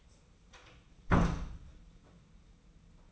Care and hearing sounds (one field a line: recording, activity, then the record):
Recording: daily activity, microphone in the room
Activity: close door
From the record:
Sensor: 1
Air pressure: 990.4 hPa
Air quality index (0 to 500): 151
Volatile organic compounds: 1000 ppm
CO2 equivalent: 5450 ppm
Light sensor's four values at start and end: 33/74/32/34 and 33/74/32/35